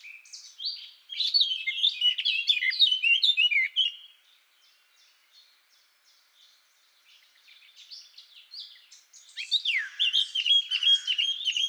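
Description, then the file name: Eurasian blackcap song: a loud warbled phrase of varied whistles, a pause with faint twitters, then another strong phrase begins. "Sylvia atricapilla"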